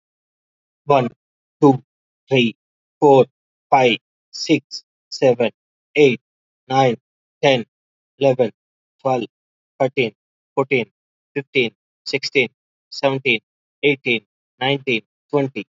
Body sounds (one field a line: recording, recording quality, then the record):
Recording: counting at a normal pace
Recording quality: excellent, no background noise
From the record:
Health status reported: healthy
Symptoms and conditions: hypertension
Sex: male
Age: 34 years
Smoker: not ticked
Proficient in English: yes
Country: India